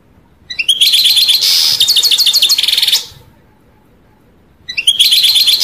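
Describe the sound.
European goldfinch song, a dense burst of bright repeated twittering notes and trills, a pause, then the song resumes.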